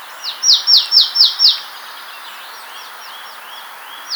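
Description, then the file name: Marsh tit giving five quick, loud notes sliding down in pitch, then softer downslurred notes in the background. "Poecile palustris"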